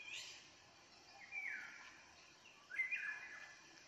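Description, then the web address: Eurasian jay song: a brief hissy burst, then two slurred, downward-bending phrases, against a steady background hiss. "geai chant"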